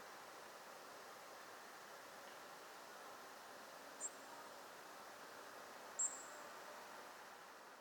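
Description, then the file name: European robin giving two thin, very high, short call notes about two seconds apart, over a steady broad background hiss. "Erithacus rubecula"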